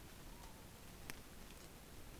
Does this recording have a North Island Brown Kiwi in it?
no